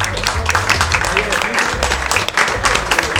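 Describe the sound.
An audience applauds with loud, dense, steady clapping that fills the whole few seconds, a crackling wash of many hands with a low hum and faint voices mixed underneath.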